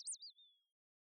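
Bird call: one high, thin chirp that dips and wavers before trailing off into a fading level whistle, followed by silence.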